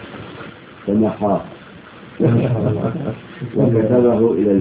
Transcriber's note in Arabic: ضحك الحضور